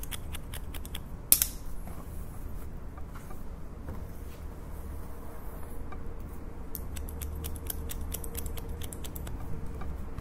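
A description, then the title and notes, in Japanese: Scissors cut repeatedly, leaving sharp, bright snips scattered across the ten seconds, with a louder crisp snap near 1.3 seconds. Quieter clicks cluster toward the end. Beneath them runs a steady low rumble and a faint hum. (ASMR)ハサミでカット。ホワイトノイズよりの音となります。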